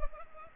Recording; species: mosquito wingbeat signal from an infrared sensor; Culex pipiens